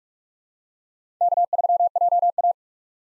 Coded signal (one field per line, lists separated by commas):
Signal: Morse code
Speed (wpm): 42 wpm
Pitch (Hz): 700 Hz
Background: none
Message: K3JA